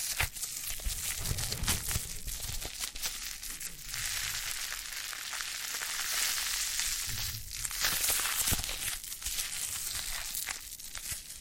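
Foam being massaged and squeezed makes a dense, continuous crinkling and squishing hiss, bright and airy throughout. Louder rubbing swells recur every second or two, with low soft thumps of pressure, especially near the start and around the eighth second.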